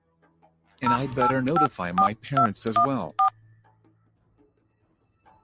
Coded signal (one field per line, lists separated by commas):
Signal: DTMF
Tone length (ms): 110 ms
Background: speech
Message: 0854214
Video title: Dylan And His Gang Activate A Fake EAS Alert/Arrested/Grounded (PLEASE READ DESCRIPTION)